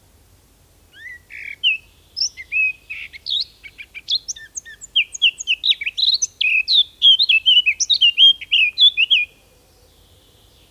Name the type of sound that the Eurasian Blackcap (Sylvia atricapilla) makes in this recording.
song